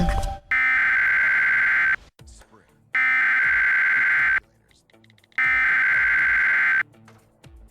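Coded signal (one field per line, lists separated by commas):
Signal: Emergency Alert System (SAME) tones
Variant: header bursts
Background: speech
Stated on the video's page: Fictional EAS scenario made with EAS Encoder software.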